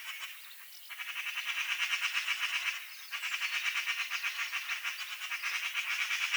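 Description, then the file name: Eurasian magpie producing long, continuous harsh rattles of fast staccato notes, one short break near three seconds before the chattering resumes. "Pica pica"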